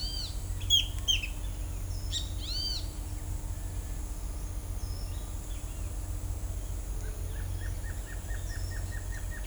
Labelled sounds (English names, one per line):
Pale-tipped Inezia
Great Kiskadee
Black-crested Antshrike